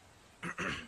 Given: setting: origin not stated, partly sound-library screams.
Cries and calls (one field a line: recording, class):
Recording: one-second piece from a danger detection set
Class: normal situation